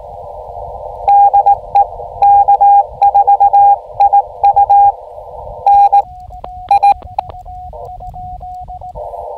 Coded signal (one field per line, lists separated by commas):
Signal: Morse code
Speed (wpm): 19 wpm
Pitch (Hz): 810 Hz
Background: radio noise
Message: DE K4IU N I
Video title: US 7848 Clifton Gorge POTA Activation Morse Code CW Practice Parks on the Air with Begali Traveler